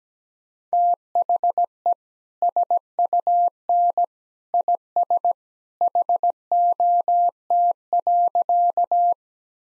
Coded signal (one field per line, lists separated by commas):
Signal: Morse code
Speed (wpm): 17 wpm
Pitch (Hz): 700 Hz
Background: none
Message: THE SUN IS HOT.